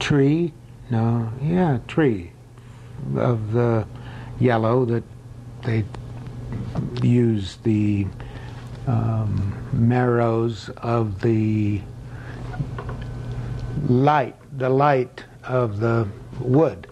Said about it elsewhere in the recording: Farther back here in the posterior part of the brain. Very, very profound language comprehension problems that are also reflected in their speech as well. This is a pretty severe form of what we call Wernicke's aphasia.